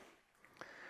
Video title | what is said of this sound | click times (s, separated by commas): How to Attach Profiler to a Single Acting Rotary (Neles Digital) | and then we turn it till it snaps. | 0.6 s